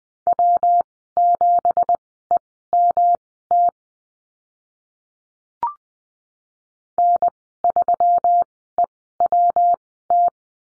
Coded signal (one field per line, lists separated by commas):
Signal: Morse code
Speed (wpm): 20 wpm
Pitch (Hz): 700 Hz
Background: none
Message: W7EMT N3EWT